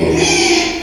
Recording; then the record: squeal of a Yucatan mini pig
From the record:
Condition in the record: after surgery on the right vocal fold (resection and tissue-engineered implant); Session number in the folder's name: 2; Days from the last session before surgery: 13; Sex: male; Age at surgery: 12 weeks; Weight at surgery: 13 kg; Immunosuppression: cyclosporine, prednisolone